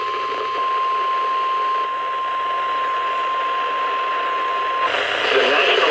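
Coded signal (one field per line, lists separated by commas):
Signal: Emergency Alert System (SAME) tones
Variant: 1050 Hz attention tone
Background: speech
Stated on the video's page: SAME tones from NOAA weather radio stations broadcasting marine warnings, flood watches and warnings.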